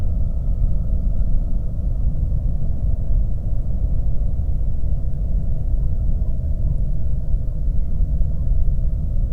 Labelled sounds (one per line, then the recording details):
songbird
waterfowl
flare stack
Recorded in the Prudhoe Bay oil fields, Alaska, on 22 May 2019 at 01:32
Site 25